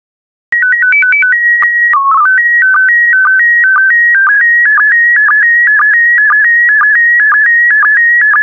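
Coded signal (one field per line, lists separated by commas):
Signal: SSTV (slow-scan television)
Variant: PD120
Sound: warbling header tones, then a steady chirping tone with regular short low blips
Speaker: the next image transmission will start in 10 seconds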